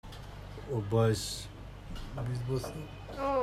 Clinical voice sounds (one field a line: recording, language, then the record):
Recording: elicited speech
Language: Bengali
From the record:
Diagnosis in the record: Broca's or global aphasia after a stroke